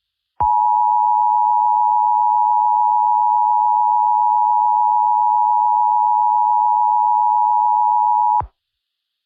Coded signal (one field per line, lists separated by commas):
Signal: Emergency Alert System (SAME) tones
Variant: 853 and 960 Hz attention tone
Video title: EAS Scenario: The Dragons (Early Lunar New Year Special)